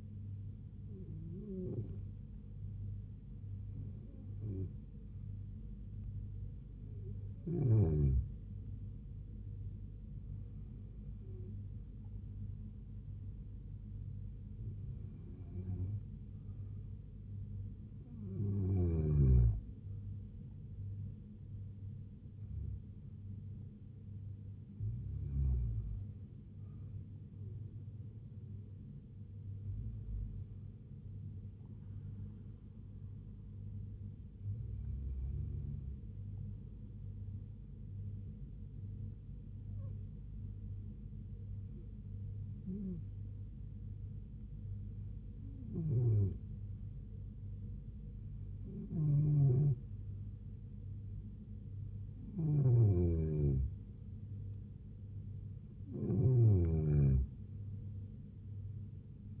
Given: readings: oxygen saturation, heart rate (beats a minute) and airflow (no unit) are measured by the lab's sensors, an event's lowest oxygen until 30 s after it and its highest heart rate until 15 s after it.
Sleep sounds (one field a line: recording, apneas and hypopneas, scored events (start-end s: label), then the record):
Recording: breathing in sleep by a smartphone at the bedside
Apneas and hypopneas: none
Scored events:
0.00-59.40 s: awake
From the record:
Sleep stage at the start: N1 (lightest sleep)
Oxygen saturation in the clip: 93 to 96%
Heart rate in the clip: 71 to 76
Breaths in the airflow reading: 15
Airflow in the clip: -3.5 to 2.3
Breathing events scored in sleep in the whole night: 158 in 7.3 hours asleep